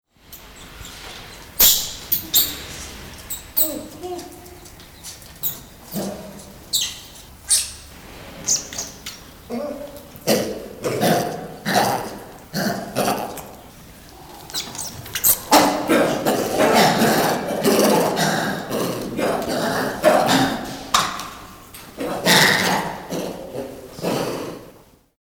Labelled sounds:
Lion-tailed Macaque (Macaca silenus)
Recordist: Tembrock, Günter
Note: Rufe einer Gruppe

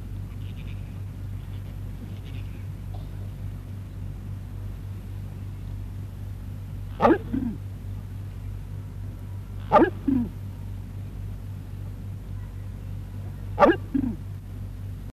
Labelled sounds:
Horned Screamer (Anhima cornuta) call
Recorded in captivity
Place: Tierpark Berlin, Berlin, DE
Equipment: Halbspur, 9,5 cm/s
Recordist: Lütgens, Hans

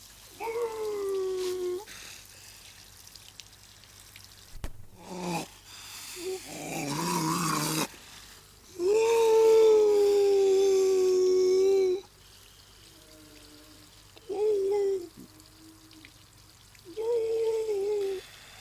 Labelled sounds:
Grey Seal (Halichoerus grypus)
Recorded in captivity
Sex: diverse
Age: adult
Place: Zoo Rostock, Mecklenburg-Vorpommern, DE
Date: 1984-02-04 17:35
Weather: overcast, 3-6°C
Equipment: Nagra SN, Kopie Uher 4000 Report Monitor
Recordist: Tembrock, Günter

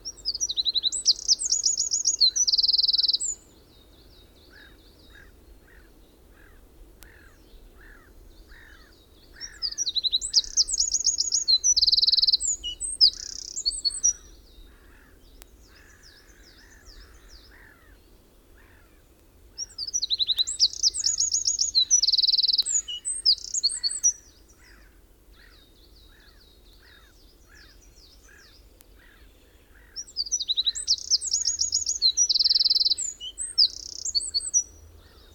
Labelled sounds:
Eurasian Wren (Troglodytes troglodytes) song
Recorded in the wild
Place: Ralswiek, Mecklenburg-Vorpommern, DE
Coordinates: 54.475, 13.446
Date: 1975-04-12 05:45
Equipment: Nagra III BH, Sennheiser MD 21, parabola
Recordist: Schubert, Michael

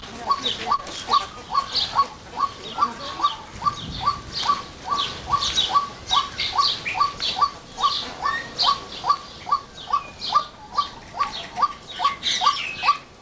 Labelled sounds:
White-breasted Waterhen (Amaurornis phoenicurus) call
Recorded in captivity
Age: adult
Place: Zoo Berlin, Berlin, DE
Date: 1986-05-23 10:30
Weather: sunny, 15°C
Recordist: Tembrock, Günter
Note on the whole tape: Lange homotype Rufreihe

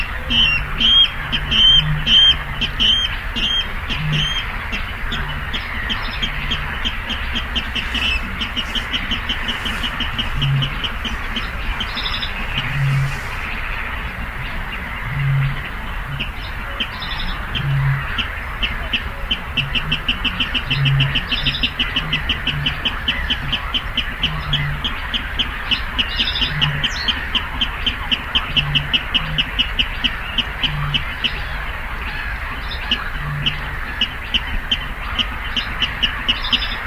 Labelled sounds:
Water Rail (Rallus aquaticus)
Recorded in the wild
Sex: male
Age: adult
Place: Kützerhof, Kummerower See, Mecklenburg-Vorpommern, DE
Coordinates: 53.8522, 12.8722
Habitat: wetland
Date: 2009-05-26
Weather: schwacher Wind aus Ost, klarer Himmel, ca. 15°C
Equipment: Sound Devices 702, Sennheiser MKH 70, Rycote Windschutz
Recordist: Frommolt, Karl-Heinz

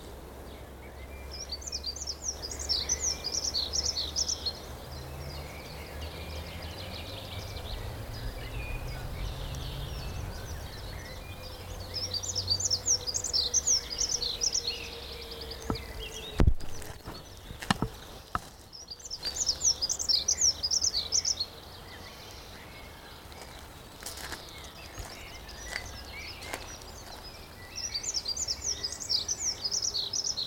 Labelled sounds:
Dunnock (Prunella modularis)
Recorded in the wild
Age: adult
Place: Friedhof Niederschönhausen III, Berlin, DE
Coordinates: 52.571, 13.386
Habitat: Stadtfriedhof
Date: 1992-04-12 11:52
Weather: heiter, 16°C
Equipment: Nagra SN, Mikrofon AKG CK 8, Kopie Tesla B 116
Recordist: Tembrock, Günter

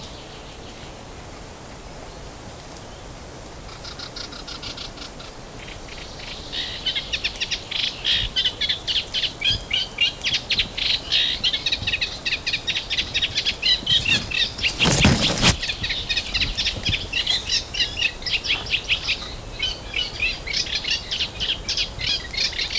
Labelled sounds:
Eurasian Reed Warbler (Acrocephalus scirpaceus) song
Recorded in the wild
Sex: male
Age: adult
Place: Mühlenbecker Wald, Brandenburg, DE
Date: 1997-06-07 13:32
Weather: fair, ca. 26°C, gusty winds
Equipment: Nagra SN, Kopie Uher 4000 Report Monitor
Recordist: Tembrock, Günter

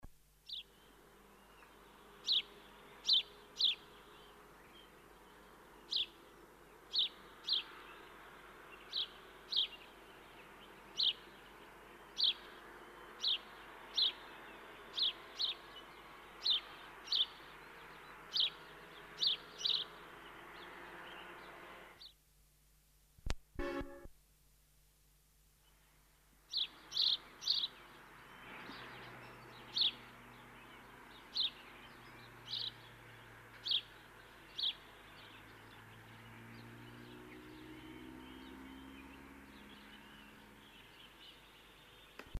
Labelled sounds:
House Sparrow (Passer domesticus) song
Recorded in the wild
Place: Oberstdorf, Bayern, DE
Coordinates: 47.4099, 10.2798
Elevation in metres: 809
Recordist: Tretzel, Erwin
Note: Tschilpen

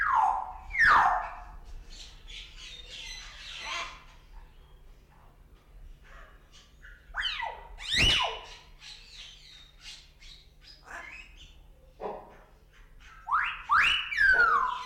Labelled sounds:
Great Hornbill (Buceros bicornis) call
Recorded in captivity
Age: adult
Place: Zoo Berlin, Berlin, DE
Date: 1994-03-12 11:17
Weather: leichter Regen, 7°C
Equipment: Marantz CP 430, Sennheiser ME 80, Kopie Uher Variocord 263
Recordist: Tembrock, Günter

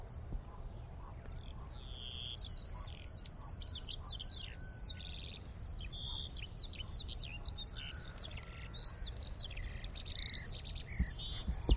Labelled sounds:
Corn Bunting (Emberiza calandra) song
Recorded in the wild
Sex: male
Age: adult
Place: Charlottenhof, Mecklenburgische Seenplatte, Mecklenburg-Vorpommern, DE
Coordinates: 53.5158, 12.0858
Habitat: meadowland
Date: 2010-04-08 08:05
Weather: heiter, 10°C, windstill
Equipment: Sound Devices 702, Sennheiser MKH 70, Rycote Windschutz
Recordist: Frommolt, Karl-Heinz
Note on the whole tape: Gesang einer Grauammer. Tier gesehen, hatte während der Aufnahme die Singwarte gewechselt. Am Ende der Aufnahme wurde noch ein zweiter Vogel gesehen

